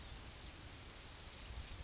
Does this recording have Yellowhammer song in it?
no